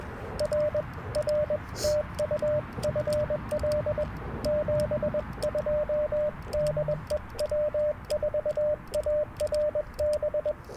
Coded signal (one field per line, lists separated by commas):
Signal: Morse code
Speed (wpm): 21 wpm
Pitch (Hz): 590 Hz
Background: radio noise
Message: R R TU FL 72 DE W4ARB